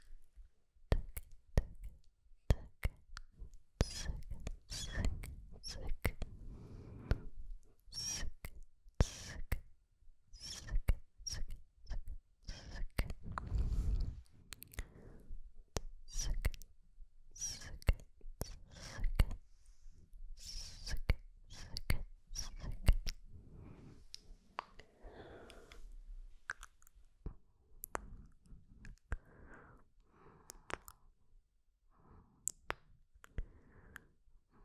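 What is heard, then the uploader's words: Quick mouth sounds, sharp "sk" and "tk" clicks with hissy bursts, come in a dense, uneven stream throughout. Low thumps land near 4 and 14 seconds. Toward the end the sounds turn softer and more voiced, like whispered "tico tico" syllables. Sk Sk Tk Tk TicoTico.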